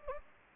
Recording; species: mosquito wingbeat signal from an infrared sensor; Anopheles gambiae